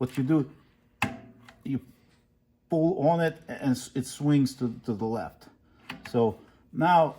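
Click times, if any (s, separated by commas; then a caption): 1.0 s. On a SEWPRO 8810B top and bottom roller feed leather sewing machine, the metal roller wheel guide by the needle lip is pulled out of its locked position so it swings to the left for threading. A sharp, loud hit at 1.0 s marks it unlocking and releasing, with a faint tick at 1.5 s. Someone talks before and after.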